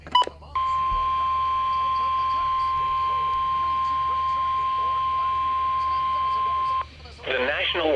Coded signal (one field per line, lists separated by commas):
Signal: Emergency Alert System (SAME) tones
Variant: 1050 Hz attention tone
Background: speech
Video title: Severe Thunderstorm Warning on WXK85 and KNAH #3 | 6/13/21 | EAS 304-305